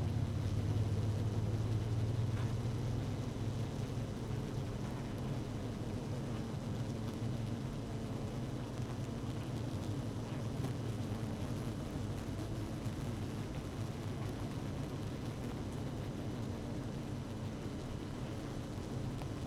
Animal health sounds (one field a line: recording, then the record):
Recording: honeybee colony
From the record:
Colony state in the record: active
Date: 12 June 2018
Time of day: 17:17